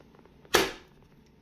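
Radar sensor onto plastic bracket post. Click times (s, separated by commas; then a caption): 0.4 s. A truck's radar unit is slid over the post of a plastic bracket and snaps into place at about 0.5 s, giving a sharp, bright click that rings down over the next few tenths of a second. The unit is seated on the post.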